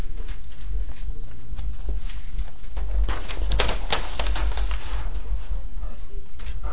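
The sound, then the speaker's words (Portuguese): A black pen scratches across a board in quick, dry strokes while drawing a geometric figure, short bursts of scraping and tapping that build to a busier flurry midway, over a steady low hum. “Só que essa caneta preta está muito ruim. Então eu vou pegar uma outra.”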